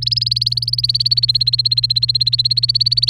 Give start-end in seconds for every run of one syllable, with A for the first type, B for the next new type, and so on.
0.02-3.09 A